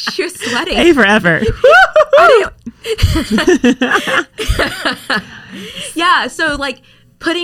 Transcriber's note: laughing